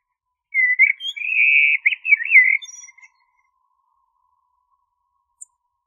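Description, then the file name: Blackbird singing one long phrase of mellow whistles that turns into a rapid trill and ends in wavering notes, then silence. "suara masteran blackbird"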